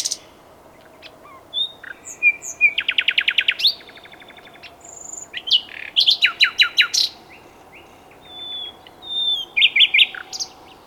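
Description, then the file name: Common nightingale singing in separate phrases: rapid clicking series, buzzy rattles and sweet whistles, with short pauses between them. "Luscinia megarhynchos"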